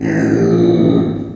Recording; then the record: squeal of a Yucatan mini pig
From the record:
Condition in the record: before surgery on the right vocal fold (resection and tissue-engineered implant); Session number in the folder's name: 3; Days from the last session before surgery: 0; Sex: female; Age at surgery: 19 weeks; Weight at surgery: 25 kg